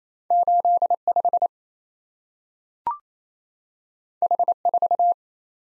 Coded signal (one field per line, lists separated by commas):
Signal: Morse code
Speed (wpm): 27 wpm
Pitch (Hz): 700 Hz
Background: none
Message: 85 H4